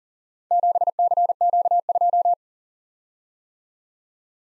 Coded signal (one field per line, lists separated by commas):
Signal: Morse code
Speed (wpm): 39 wpm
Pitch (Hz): 700 Hz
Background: none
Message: 7CQ2